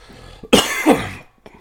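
A single loud cough from an adult man, lasting under a second, rises in two quick pushes with a slightly throaty, throat-clearing edge, then settles into quiet. It is an ordinary isolated cough made while drinking coffee, with faint room noise before and after.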